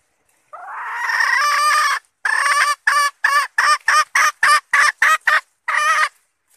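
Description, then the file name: Red junglefowl hen giving one drawn-out harsh note, then a rapid run of about nine short clipped cackles, ending with a longer note. Hen calling to find a mate. "tieng ga rung mai keu tim kiem ban tinh"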